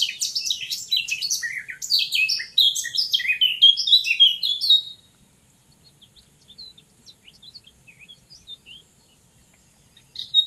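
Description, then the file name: Eurasian blackcap singing a hurried scratchy warble that turns into clearer whistled notes, about five seconds, then soft scattered chirps in the background. "Sylvia atricapilla"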